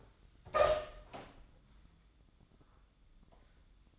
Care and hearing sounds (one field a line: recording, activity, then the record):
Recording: daily activity, microphone in the room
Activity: open door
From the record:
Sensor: 3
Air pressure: 1004.8 hPa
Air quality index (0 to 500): 76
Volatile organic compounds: 2 ppm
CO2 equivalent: 1153 ppm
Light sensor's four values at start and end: 8/19/8/7 and 8/19/8/7